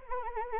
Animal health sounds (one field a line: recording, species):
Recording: mosquito wingbeat signal from an infrared sensor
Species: Anopheles arabiensis